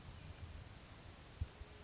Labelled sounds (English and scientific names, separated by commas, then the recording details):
Western Flycatcher (Empidonax difficilis)
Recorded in Sonoma County, California